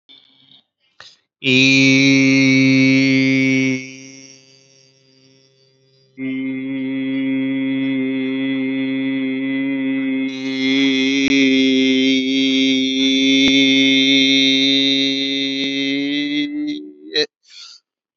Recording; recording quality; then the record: sustained vowel as in beet; excellent, no background noise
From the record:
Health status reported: healthy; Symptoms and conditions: none ticked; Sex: male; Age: 39 years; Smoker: not ticked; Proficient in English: yes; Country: India